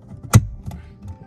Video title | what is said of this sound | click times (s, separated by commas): FitcamX Dashcam - 4K Front & Rear OEM - Unboxing & Install (Porsche Panamera 2019+ BEST DASHCAM!) | and you should hear it snap like that | 0.3 s